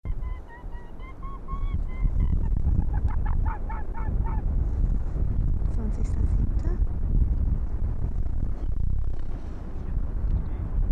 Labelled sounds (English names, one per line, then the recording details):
Arctic Fox
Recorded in the wild
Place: Insel Mednyi, Kommandeur-Inseln, RU
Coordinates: 54.5167, 168.083
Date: 1999-07-20 21:13
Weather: 10°C, heiter, starker Nordwind
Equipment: Sony WM-D6C, Sennheiser ME 80, K 30 AV, Windkorb, Kopie Tascam DA 30
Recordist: Jakupi, Antje